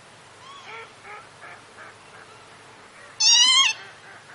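Northern lapwing, a row of soft arched call notes followed by one loud, harsh, buzzy call near the end.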